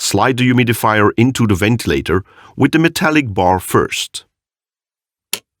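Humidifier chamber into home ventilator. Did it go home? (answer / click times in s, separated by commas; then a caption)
yes / 5.3 s. Someone talks, then a water-filled humidifier chamber for a Vivo 1-2-3 home ventilator is slid into the ventilator, metal bar first, and pushed until it locks. A single sharp, quickly decaying firm click at 5.3 s shows the chamber is seated.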